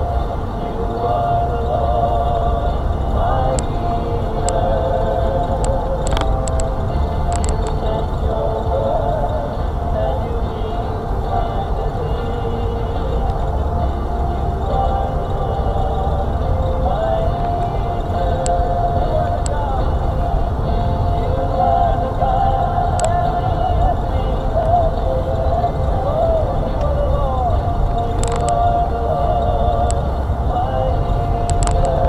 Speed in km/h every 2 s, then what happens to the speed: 24, 24, 24, 24, 24, 24, 23, 23, 23, 24, 27, 26, 27, 26, 24, 27.
0-32 steady at about 24.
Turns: none.